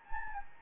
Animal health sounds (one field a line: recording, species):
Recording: mosquito wingbeat signal from an infrared sensor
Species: Anopheles gambiae